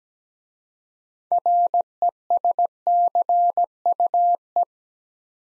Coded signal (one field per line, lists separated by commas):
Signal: Morse code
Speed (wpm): 17 wpm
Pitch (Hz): 700 Hz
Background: none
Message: RESCUE